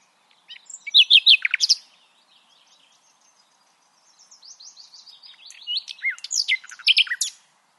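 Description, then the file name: Common nightingale song, loud rapid rattling burst, a pause, then a series of repeated notes building into a rich loud phrase. "Luscinia megarhynchos"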